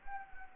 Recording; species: mosquito wingbeat signal from an infrared sensor; Anopheles gambiae